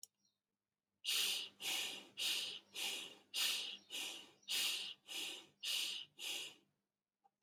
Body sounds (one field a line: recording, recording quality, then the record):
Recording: shallow breathing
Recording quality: moderate, slight background noise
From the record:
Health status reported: healthy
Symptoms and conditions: none ticked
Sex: male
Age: 34 years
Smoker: not ticked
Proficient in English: yes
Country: India